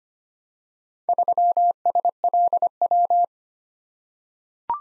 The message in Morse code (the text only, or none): 3SLW